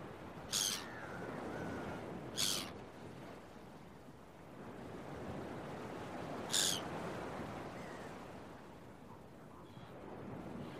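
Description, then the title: Gull cries, three loud harsh calls with falling tails, separated by pauses, above continuous surf noise. Early morning at the beach, with waves. "Early Morning Seagulls and Beach Waves"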